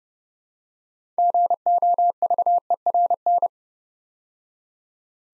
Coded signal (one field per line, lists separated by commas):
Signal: Morse code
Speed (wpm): 30 wpm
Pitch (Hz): 700 Hz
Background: none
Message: GOVERN